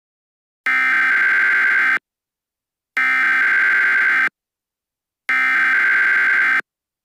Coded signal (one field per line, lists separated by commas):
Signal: Emergency Alert System (SAME) tones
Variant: header bursts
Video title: The Creature: An EAS Scenario